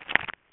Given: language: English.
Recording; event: throat vibration sensor signal played as sound; swallow